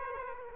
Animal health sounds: mosquito wingbeat signal from an infrared sensor; Aedes aegypti

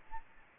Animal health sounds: mosquito wingbeat signal from an infrared sensor; Aedes albopictus

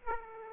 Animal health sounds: mosquito wingbeat signal from an infrared sensor; Aedes aegypti

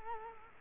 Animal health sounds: mosquito wingbeat signal from an infrared sensor; Culex quinquefasciatus

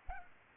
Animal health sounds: mosquito wingbeat signal from an infrared sensor; Culex pipiens

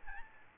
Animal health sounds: mosquito wingbeat signal from an infrared sensor; Aedes aegypti

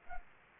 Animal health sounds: mosquito wingbeat signal from an infrared sensor; Anopheles arabiensis

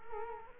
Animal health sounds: mosquito wingbeat signal from an infrared sensor; Culex quinquefasciatus

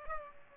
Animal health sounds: mosquito wingbeat signal from an infrared sensor; Culex pipiens

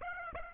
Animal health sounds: mosquito wingbeat signal from an infrared sensor; Aedes aegypti

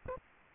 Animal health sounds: mosquito wingbeat signal from an infrared sensor; Aedes albopictus

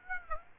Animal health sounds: mosquito wingbeat signal from an infrared sensor; Aedes aegypti

